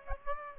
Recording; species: mosquito wingbeat signal from an infrared sensor; Aedes aegypti